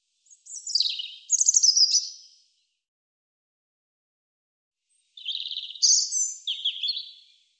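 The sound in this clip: European robin song in two separate phrases about three seconds apart, each a tumbling mix of high thin notes and quick trills, with clean silence between.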